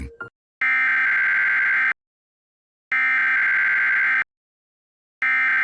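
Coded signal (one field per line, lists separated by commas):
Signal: Emergency Alert System (SAME) tones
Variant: header bursts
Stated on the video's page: Mock EAS alert, simulated tones, not a real broadcast.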